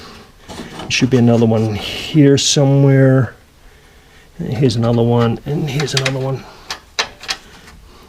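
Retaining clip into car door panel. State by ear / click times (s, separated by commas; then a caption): seated / 7.0 s, 7.3 s. Someone talks, then hooks a replacement retaining clip into the door panel or window regulator mount of a Lincoln Continental, Continental Mark III or similar Ford. The clip snaps and locks into place with sharp clicks at 7.0 s and 7.3 s, seated and ready for the screw to later pull it tight.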